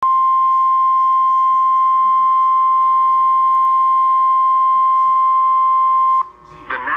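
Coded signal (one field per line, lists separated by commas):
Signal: Emergency Alert System (SAME) tones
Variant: 1050 Hz attention tone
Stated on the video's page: Tornado warning received on NOAA weather radio.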